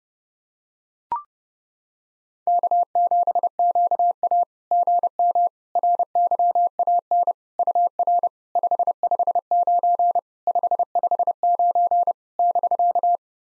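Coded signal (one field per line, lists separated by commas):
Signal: Morse code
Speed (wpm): 30 wpm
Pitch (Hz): 700 Hz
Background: none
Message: K7QA GM RYAN UR 559 559 <BK>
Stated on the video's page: Computer-generated 30 wpm Morse practice of SOTA QSO exchanges, each sent in Morse, then spoken, then sent again.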